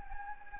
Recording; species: mosquito wingbeat signal from an infrared sensor; Anopheles gambiae